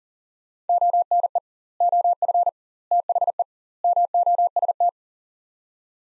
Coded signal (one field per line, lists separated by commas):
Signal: Morse code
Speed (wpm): 37 wpm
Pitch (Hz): 700 Hz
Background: none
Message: ONE OF THE MOST